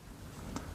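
An interchangeable fishing sinker weight is pushed into its small sinker holder on the line and clicks into place with a short, sharp click at 0.6 s against a quiet background. The sinker is seated in the holder.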